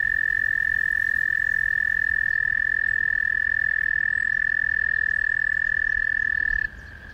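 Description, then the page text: American toad calling with a sustained, unbroken high trill that stays level in pitch for over six seconds, then abruptly becomes much fainter. In Maryland. "American Toad by Bernard Foy via iNaturalist"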